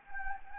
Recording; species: mosquito wingbeat signal from an infrared sensor; Anopheles gambiae